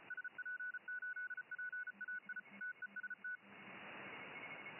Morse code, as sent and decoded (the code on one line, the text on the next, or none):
... .--. ---.. .--. .- .. / - . ... -
SP8PAI TEST